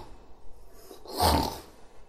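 An adult performer imitates the snoring of a sleeping person: a single loud, rough snore.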